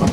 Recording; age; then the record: pig call; growing-finishing pig (85 days or more)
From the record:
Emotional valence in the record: positive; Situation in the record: run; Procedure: transit